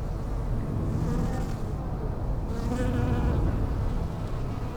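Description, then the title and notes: Bees buzzing, a hum coming and going over a constant low drone. Bees in lavender in the palliative care service garden of Hôpital Brugmann, Brussels, Belgium, a peaceful spot apart from other hospital pavilions; recorded with Sony PCM-M10 internal microphones. "Hôpital Brugmann, Place Arthur Van Gehuchten, Bruxelles, Belgique - bees in the palliative care services garden. Bees in the lavender from the palliative care service's garden. Abeilles dans la lavande, jardin du service de soins palliatifs"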